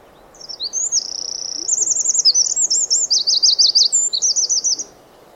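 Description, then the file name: Eurasian wren singing: a high, tumbling song of about four seconds, short notes, a steady tone, then rattling trills and rapid warbles over faint background noise. "Troglodytes troglodytes"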